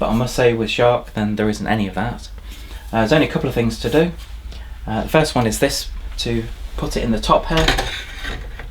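Someone talks while handling a plastic part, likely the wand or handle, and putting it into the top of a Shark NV602UKT corded vacuum cleaner body, where a notch at the bottom locates it. Only faint handling noise is heard under the talking. Nothing has seated or clicked yet.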